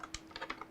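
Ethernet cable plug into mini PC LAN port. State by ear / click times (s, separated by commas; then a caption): not seated / none. An RJ45 Ethernet cable plug is pushed into the LAN port of an older mini PC. The clip is a string of short, light plastic taps and scrapes, and nothing has seated or clicked yet because the plastic latch tab never clicks into place.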